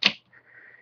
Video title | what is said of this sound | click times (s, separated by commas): Samsung NP550P5C 550P Laptop Screen Replacement Procedure | the screen side of the screen bezel and gently rock it back and forth and listen for snapping sounds | 0.1 s